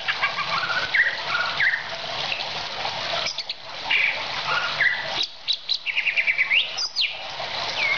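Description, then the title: Oriental magpie-robin song: varied whistled phrases, rising and falling slurs, over a steady hiss, with a quick run of short chirps in the second half. "Kicau Kacer"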